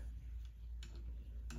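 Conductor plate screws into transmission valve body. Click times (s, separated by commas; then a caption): 0.8 s, 1.5 s. A torque wrench set to 4 Nm tightens the next conductor plate screws, working outwards, into the valve body of a T1N Sprinter 722.6 transmission. Two sharp clicks at 0.8 s and 1.5 s, heard over a steady low hum, show that each screw has reached 4 Nm.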